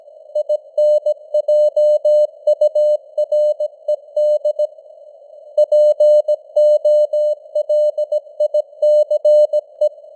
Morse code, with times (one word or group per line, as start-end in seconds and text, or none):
0.4-4.7 INJURED
5.6-9.9 POLICE